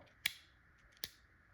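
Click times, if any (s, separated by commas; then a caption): 0.3 s, 1.0 s. The reclocked safety pin on a Byrna SD less-lethal marker is moved so it clicks into its detent. Two sharp, bright clicks are heard at 0.3 s and 1.0 s, with a faint tick just before the second. The pin is seated in its detent.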